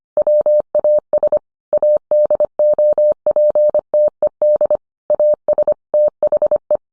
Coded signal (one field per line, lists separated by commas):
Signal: Morse code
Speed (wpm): 25 wpm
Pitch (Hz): 600 Hz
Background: none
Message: WAS ADOPTED AS THE